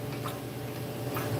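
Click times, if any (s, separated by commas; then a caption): 0.3 s. A full bore guide that fits over a rifle's magwell is pushed in and locks in place against the bolt stop. A single short tick is heard at 0.3 s. The guide is seated and held firmly in place.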